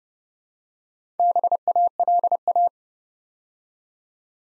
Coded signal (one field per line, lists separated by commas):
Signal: Morse code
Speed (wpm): 30 wpm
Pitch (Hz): 700 Hz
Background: none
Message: BALA